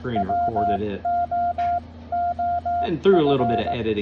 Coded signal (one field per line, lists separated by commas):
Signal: Morse code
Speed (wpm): 18 wpm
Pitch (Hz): 700 Hz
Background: speech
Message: WO OF